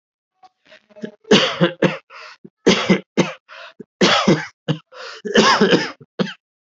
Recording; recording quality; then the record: heavy voluntary cough; excellent, no background noise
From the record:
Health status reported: healthy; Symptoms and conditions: diabetes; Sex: male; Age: 38 years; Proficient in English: yes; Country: India